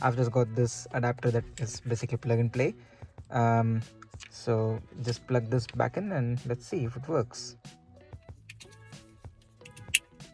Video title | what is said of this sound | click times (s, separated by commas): Installing aftermarket stereo for Mazda 2 - Andrioid Screen - Knocked Cars | Let's say pretty satisfying click, I would say. | 10.0 s